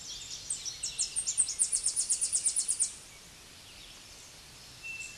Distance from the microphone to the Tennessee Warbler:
about 5 m